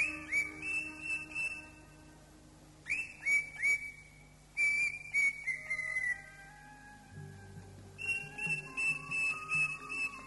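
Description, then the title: Greater green leafbird song: bursts of clear whistled notes near one pitch, some sliding downward, repeated quickly with short pauses between phrases over a steady low hum. "Kicau Burung Cucak Ijo"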